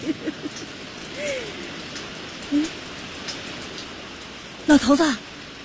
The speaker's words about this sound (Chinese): 哎呀，老头子下雨了，下雨了。